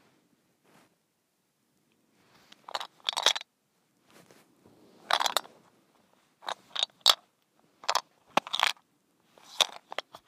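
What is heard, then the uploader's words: A mint shaker is rattled in short bursts, each a quick cluster of crisp, bright clicks and ticks. The shakes come irregularly, a faint one near the start, then groups around three, five, seven, eight and ten seconds, with silence between. ASMR: Mint Shaker.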